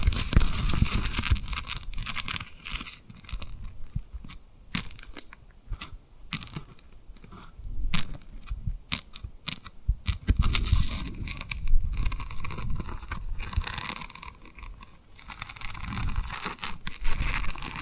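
Tapping and rubbing on a rhinestone-covered surface, with dense crinkly scratching at the start and again from about 10 to 17 seconds. In between come sparser, sharp bright taps and clicks scattered irregularly, several close together, with a faint low rumble beneath.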